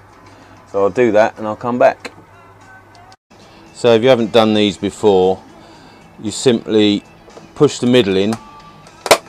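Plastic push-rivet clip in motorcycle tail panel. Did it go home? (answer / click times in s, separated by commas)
released / 9.1 s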